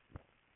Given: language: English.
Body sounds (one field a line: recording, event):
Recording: throat vibration sensor signal played as sound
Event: swallow